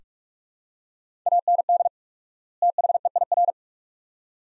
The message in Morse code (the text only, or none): AND THEIR